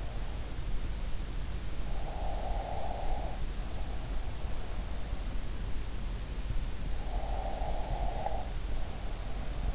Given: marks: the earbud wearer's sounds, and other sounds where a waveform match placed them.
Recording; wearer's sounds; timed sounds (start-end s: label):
sounds in sleep by an in-ear microphone; breath
1.95-3.30 s: breath
7.18-9.75 s: breath